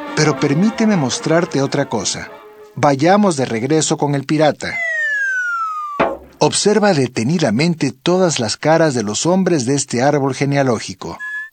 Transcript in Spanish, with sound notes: Pero permíteme mostrarte otra cosa. Vayamos de regreso con el pirata. [sonido de descenso] Observa detenidamente todas las caras de los hombres de este árbol genealógico.